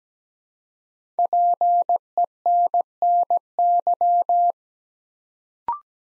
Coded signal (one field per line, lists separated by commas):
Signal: Morse code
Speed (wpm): 17 wpm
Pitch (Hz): 700 Hz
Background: none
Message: PENNY